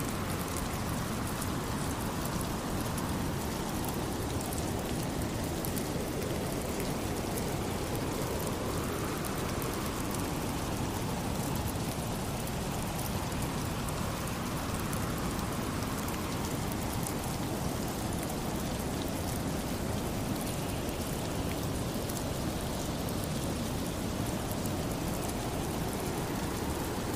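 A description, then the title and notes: Steady, dense rain hisses without pause, full, with a low rumbling undertone and faint slow swells like wind passing through. Rain Sounds With Wind Blowing White Noise.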